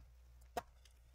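The sliding bracket on the back cover of a MacBook Pro A2338 is pushed into the laptop chassis on both sides at once during reassembly. A single sharp click at 0.6 s confirms it is seated, followed by a much fainter tick near 0.9 s over a low steady hum.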